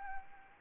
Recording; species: mosquito wingbeat signal from an infrared sensor; Anopheles arabiensis